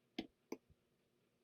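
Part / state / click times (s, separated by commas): snap-on lid onto small plastic storage container / seated / 0.2 s, 0.5 s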